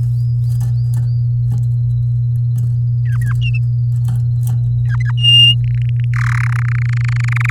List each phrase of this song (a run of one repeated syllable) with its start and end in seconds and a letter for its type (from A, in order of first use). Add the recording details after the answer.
4.85-5.11 A, 5.17-5.55 B, 5.64-6.04 C, 6.13-6.60 D, 6.62-7.50 E. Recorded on 6 May 2018 at 06:05. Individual llb16